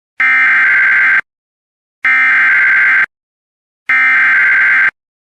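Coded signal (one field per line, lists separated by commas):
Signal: Emergency Alert System (SAME) tones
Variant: header bursts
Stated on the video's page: Real EAS alerts recorded during a weekend of severe weather.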